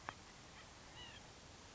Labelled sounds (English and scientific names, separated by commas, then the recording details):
White-breasted Nuthatch (Sitta carolinensis)
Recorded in Sonoma County, California